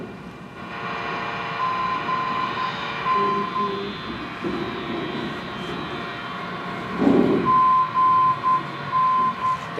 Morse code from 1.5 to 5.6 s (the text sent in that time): GN